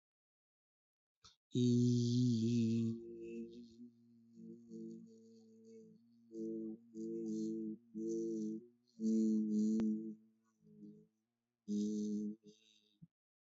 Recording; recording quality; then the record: sustained vowel as in beet; excellent, no background noise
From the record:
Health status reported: healthy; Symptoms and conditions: none ticked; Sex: male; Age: 31 years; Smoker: not ticked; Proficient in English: yes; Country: India